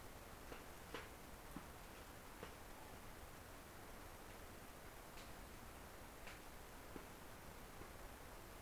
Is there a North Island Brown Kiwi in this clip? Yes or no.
no